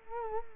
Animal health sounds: mosquito wingbeat signal from an infrared sensor; Culex quinquefasciatus

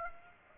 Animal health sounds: mosquito wingbeat signal from an infrared sensor; Aedes aegypti

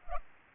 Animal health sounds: mosquito wingbeat signal from an infrared sensor; Culex pipiens

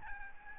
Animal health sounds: mosquito wingbeat signal from an infrared sensor; Aedes albopictus

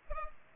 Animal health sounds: mosquito wingbeat signal from an infrared sensor; Culex pipiens

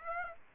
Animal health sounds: mosquito wingbeat signal from an infrared sensor; Aedes aegypti

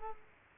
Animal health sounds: mosquito wingbeat signal from an infrared sensor; Culex quinquefasciatus

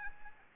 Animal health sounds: mosquito wingbeat signal from an infrared sensor; Anopheles arabiensis

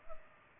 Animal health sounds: mosquito wingbeat signal from an infrared sensor; Culex pipiens

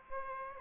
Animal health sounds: mosquito wingbeat signal from an infrared sensor; Aedes aegypti

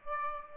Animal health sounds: mosquito wingbeat signal from an infrared sensor; Aedes aegypti

